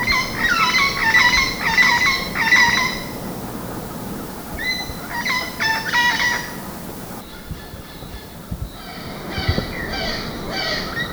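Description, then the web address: Parakeet giving bursts of rough, squawking notes in quick clusters, pausing between groups, with faint scattered calls later over a constant background hiss. "Los Colores que Cantan cotorra"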